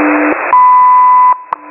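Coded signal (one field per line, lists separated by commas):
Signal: radio time signal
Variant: WWV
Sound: hiss with low hum, then a steady 1 kHz beep lasting about 0.8 seconds, then a tick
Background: radio static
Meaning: The long 1 kHz tone marks the start of a new minute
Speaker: At the tone, 17 hours, 50 minutes, Coordinated Universal Time.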